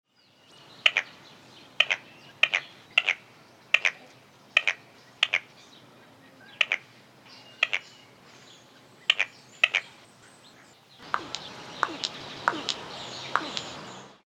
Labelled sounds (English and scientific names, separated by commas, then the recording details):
Spotted Nutcracker (Nucifraga caryocatactes)
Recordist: Tembrock, Günter
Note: Kurzlaute